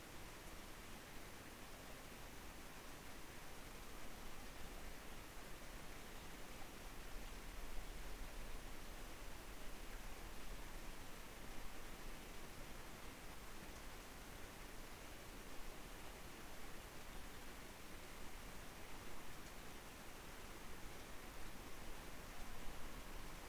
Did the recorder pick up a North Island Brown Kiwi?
no